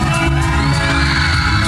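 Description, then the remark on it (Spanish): A group of women, asked for a strong shout, let out a loud, sustained shout together, a dense chorus of raised voices that holds steady at full strength for about two seconds. “Compañeras, a ver un grito fuerte.”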